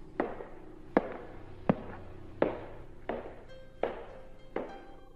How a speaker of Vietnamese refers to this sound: Ở cầu thang lầu 2 tiếp tục truyền đến tiếng bước chân.